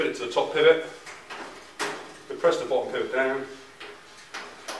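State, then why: Seated. A cabinet door is fitted onto the top pivot of a Gasmate Nebula 4 Burner BBQ trolley while someone talks. The bottom pivot is pressed down and the door is slid over, with soft knocks and handling noises. The door snaps into place on the trolley with a sharp click at 4.7 s.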